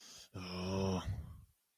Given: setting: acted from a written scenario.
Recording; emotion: vocal sound without words; anger